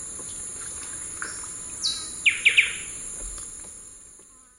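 Black-capped donacobius giving a falling whistle followed by three quick, loud, ringing notes, over a constant high-pitched insect drone.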